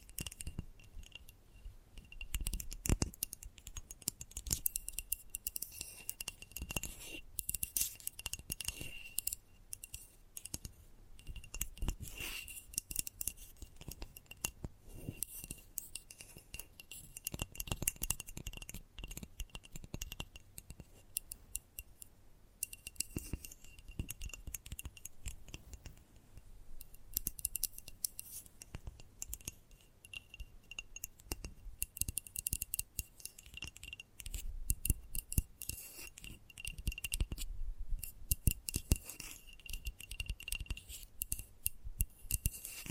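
Gentle tapping runs continuously for the whole stretch, a dense stream of quick, crisp clicks and light knocks at an irregular pace. The taps sound bright and brittle, like fingertips on glass or hard plastic, with a faint steady high tone underneath.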